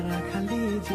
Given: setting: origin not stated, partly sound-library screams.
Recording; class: one-second piece from a danger detection set; normal situation